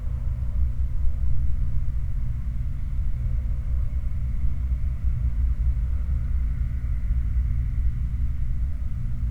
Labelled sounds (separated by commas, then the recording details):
machinery, flare stack
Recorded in the Prudhoe Bay oil fields, Alaska, on 17 July 2019 at 10:14
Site 29